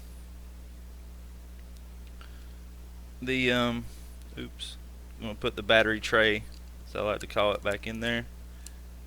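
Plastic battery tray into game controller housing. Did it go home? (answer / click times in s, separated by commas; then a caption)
yes / 8.7 s. A plastic battery tray is pressed back into a PS4 game controller housing while someone talks. It gives one sharp tick at 8.7 s as it snaps into place and seats.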